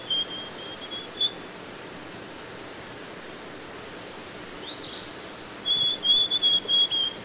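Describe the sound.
White-throated sparrow song, a pure whistled phrase starting high then stepping lower into repeated pulsed notes, with a brief whistle fragment near the start.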